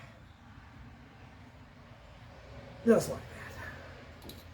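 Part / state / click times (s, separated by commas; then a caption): injector retaining clip onto fuel rail / seated / 4.3 s. A metal retaining clip is snapped back onto a fuel injector in the fuel rail of an LS1 engine going into a 1970 Buick GS, after the injector, its O-ring lubricated with WD-40, has been pushed in. Someone talks over a low background hum, and a loud thump sounds near 2.9 s. A single short click at 4.3 s marks the clip seated in place.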